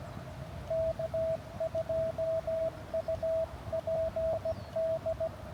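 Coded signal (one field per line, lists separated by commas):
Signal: Morse code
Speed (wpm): 17 wpm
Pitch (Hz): 660 Hz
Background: radio noise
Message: K2UPD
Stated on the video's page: Morse signals during a park activation, made difficult by conditions.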